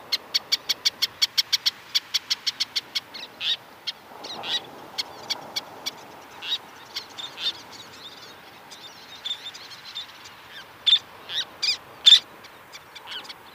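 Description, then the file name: Least tern calls: a fast run of sharp, high clicking notes, then scattered short, shrill notes over a faint background hiss. "Golosa ptic - Karlikovaya krachka Sternula antillarum"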